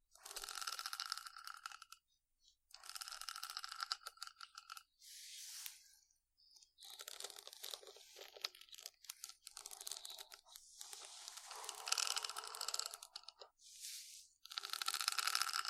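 Scratching sounds come in bursts of a second or two, separated by short silences. Each burst is dense and bright, a crisp, crunchy rasp with a crinkling edge, repeating at an uneven rhythm throughout. Occasional sharp clicks fall in between, and nothing else plays underneath.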